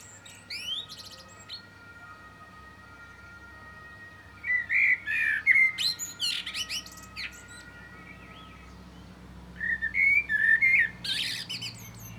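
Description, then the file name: Common blackbird singing two phrases several seconds apart, each a fluty warble running into scratchy high twitters, over a faint continuous hum. "Turdus merula"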